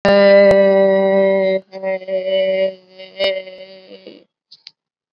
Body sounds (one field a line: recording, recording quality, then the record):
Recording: sustained vowel as in made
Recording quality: excellent, no background noise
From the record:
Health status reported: COVID-19 positive, mild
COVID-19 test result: positive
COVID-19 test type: RT-PCR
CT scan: not taken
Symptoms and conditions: cough, fever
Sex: female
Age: 65 years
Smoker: no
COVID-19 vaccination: both doses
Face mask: worn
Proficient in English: yes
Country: India